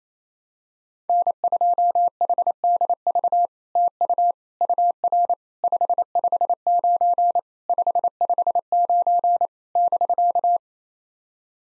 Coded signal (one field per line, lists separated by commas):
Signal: Morse code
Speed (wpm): 27 wpm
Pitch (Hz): 700 Hz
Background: none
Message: N2HDV TU UR 559 559 <BK>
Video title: SOTA QSO Practice 28wpm